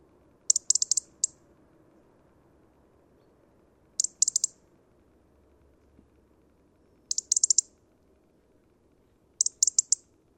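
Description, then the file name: European robin giving several short clusters of thin, very high ticking notes, repeated every few seconds. "Erithacus rubecula"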